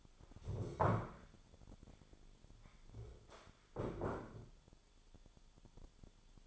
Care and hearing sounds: daily activity, microphone in the room; stand up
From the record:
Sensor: 5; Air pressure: 1015.4 hPa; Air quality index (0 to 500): 171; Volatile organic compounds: 6 ppm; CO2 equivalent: 1861 ppm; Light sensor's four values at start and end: 37/84/34/33 and 37/84/34/33

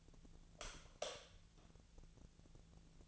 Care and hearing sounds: daily activity, microphone in the room; light off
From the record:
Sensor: 4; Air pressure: 1000.9 hPa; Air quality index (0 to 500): 124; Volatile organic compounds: 1 ppm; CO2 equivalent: 933 ppm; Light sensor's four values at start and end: 34/86/35/38 and 31/75/31/34

